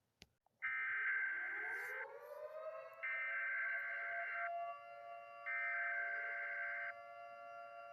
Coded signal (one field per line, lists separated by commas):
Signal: Emergency Alert System (SAME) tones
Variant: header bursts